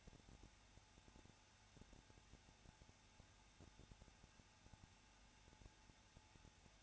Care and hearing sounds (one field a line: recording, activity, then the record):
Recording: daily activity, microphone in the room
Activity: no activity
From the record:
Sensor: 2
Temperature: 21.0 degrees Celsius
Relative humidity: 34.3%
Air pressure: 994.4 hPa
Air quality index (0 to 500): 172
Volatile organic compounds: 3 ppm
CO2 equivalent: 1335 ppm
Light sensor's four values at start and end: 2/3/2/2 and 2/3/2/2